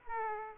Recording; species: mosquito wingbeat signal from an infrared sensor; Aedes aegypti